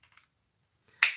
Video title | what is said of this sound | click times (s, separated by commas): Eduard 1/48 Tempest New Tool (82121) Build - Part 13 | one side it is good because for example you heard the click so now it stays in place and actually | 1.0 s